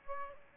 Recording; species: mosquito wingbeat signal from an infrared sensor; Aedes albopictus